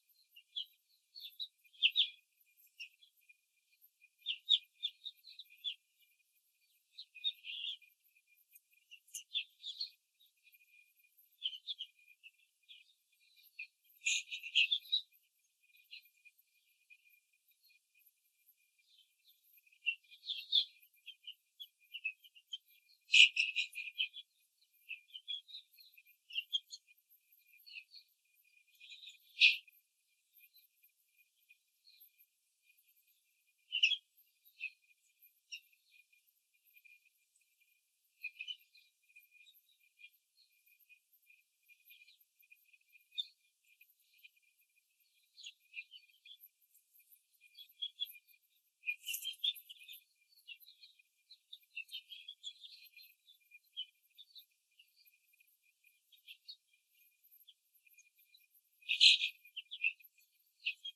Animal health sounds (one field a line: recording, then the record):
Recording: young laying hens in a cage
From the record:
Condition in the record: control cage, after the stress test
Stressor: none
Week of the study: 4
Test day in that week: 3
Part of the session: 3